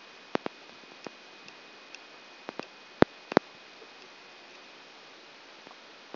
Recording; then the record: brain microelectrode recording played as sound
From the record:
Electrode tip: outside the subthalamic nucleus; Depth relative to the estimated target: -6 mm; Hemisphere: right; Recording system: AlphaMap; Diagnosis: Parkinson's disease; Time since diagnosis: 9 years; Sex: male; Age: 66 years